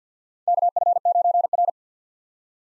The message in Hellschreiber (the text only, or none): none